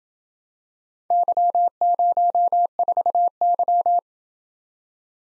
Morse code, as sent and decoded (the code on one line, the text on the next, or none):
-.-- ----- ....- -.--
Y04Y